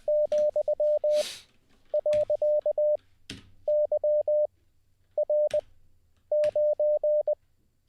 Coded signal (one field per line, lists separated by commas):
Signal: Morse code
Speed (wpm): 20 wpm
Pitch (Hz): 600 Hz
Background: none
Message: ,.YR9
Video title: How To Learn Morse Code LIVE with N0SSC (Day 21)